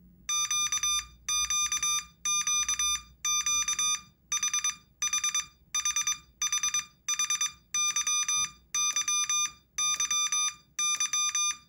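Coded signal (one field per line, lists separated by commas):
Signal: Morse code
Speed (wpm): 22 wpm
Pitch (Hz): 1200 Hz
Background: none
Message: QQQQHHHHHYYYY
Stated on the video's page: MorseBOX device for learning Morse with a real straight key or paddle, with tutor, electronic keyer and automatic beacon modes.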